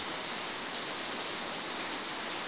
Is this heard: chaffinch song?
no